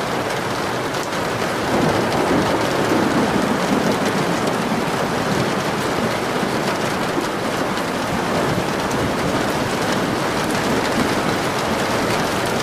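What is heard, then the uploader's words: A storm: steady, dense rain hisses throughout, a thick wash of fine patter from low to high. A low rumble swells around two to four seconds, likely thunder, and the level stays nearly constant with faint crackling drops scattered through. Storm.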